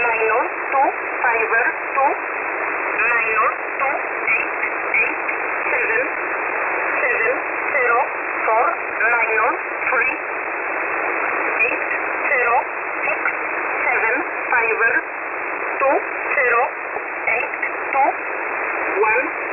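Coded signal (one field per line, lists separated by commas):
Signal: numbers station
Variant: E11 Oblique, English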